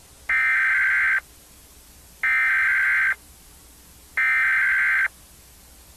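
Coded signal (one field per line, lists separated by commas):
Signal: Emergency Alert System (SAME) tones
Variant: header bursts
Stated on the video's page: Fictional EAS scenario, analog horror.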